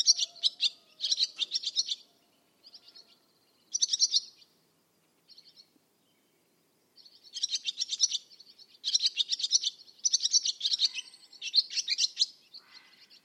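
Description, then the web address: Bird song in quick bursts of high, dry, chattering chirps, separated by short silences and a few softer notes. "Bird Only"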